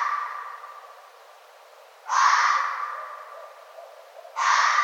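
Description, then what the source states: Red fox giving loud raspy barks, one at about two seconds and another near the end, with a fading tail before them. Recorded 1 November 2011.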